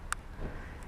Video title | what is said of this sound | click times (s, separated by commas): DJI Mavic Mini 2 - Basics 101 - First Flight - BFM 459 | and it snaps into place now i know the gimbal's secure | 0.1 s